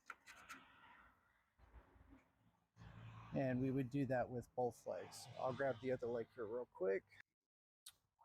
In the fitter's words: make sure the bracket is flat it is spring loaded and it locks into place here